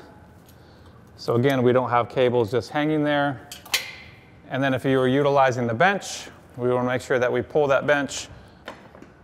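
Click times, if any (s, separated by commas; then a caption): 8.7 s. Someone talks while a wheeled weight bench on a training rack is pulled back into place by raising its handle, then lowered. A sharp knock at 8.7 s marks the bench locking into its position on the rack.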